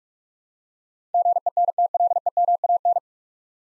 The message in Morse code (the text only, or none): GENTLEMAN